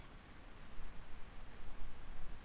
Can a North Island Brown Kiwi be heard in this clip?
no